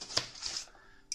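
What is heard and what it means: The plastic anti-vibration spider shock mount of an M.WAY BM-800 condenser microphone has its spring clamp pressed to open it. A sharp click lands at 0.2 s, softer rattling follows around 0.5 s, and another sharp snap comes near the end. The clamp is released open.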